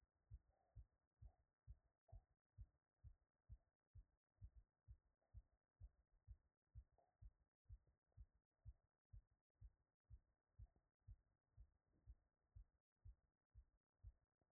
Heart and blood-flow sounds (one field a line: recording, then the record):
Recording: heart sounds by stethoscope after running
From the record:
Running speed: 8 mph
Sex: female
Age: 50 to 59 years